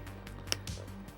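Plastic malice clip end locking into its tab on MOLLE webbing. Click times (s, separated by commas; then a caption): 0.5 s. The tab end of a plastic malice clip, woven through MOLLE webbing, is pushed into its locking slot. A few faint handling ticks are followed by a sharp, bright snap at 0.5 s and a softer knock at 0.7 s. The clip snaps locked and is seated.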